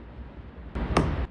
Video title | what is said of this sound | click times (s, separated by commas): Nucular P24F Controller Install Guide Talaria XXX X3 | go to plug this in make sure you hear the click | 1.0 s